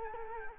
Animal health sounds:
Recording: mosquito wingbeat signal from an infrared sensor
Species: Culex quinquefasciatus

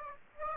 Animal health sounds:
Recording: mosquito wingbeat signal from an infrared sensor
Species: Aedes aegypti

